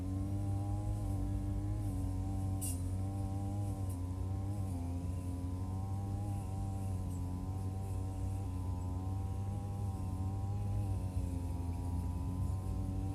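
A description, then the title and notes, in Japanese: A grass cutter's engine drones steadily, a low, buzzing hum with its pitch wavering slightly as the throttle shifts. A brief sharp tick cuts through near the third second, and the motor keeps running without pause to the end. ひたすら草刈り機で草刈り。梅雨真っ只中、田植えを終えホッとするも、畑を見回れば今度は草達が元気いっぱい(･･;)。草刈り機でネギの列、そして畑まわりを刈っていきます。録音場所は固定なので、あっちへ行ったり、こっちへ行ったりがわかりますね。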